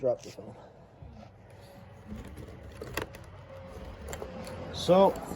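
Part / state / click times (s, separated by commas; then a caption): fuel pump into fuel pump housing / seated / 3.0 s. A replacement Walbro electric fuel pump is dropped into the original plastic fuel pump housing and pushed until it snaps into its retainer, seating in place. Someone talks. A sharp snap is heard at 3.0 s, followed by a few smaller clicks and taps around 4.1–4.5 s.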